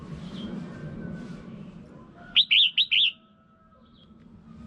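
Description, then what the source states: Red-whiskered bulbul calls: a quick burst of four bright, warbled notes rising and falling, over a low background rumble. Female bird.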